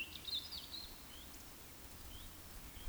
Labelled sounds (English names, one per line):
Eurasian Woodcock whistle